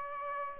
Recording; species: mosquito wingbeat signal from an infrared sensor; Aedes aegypti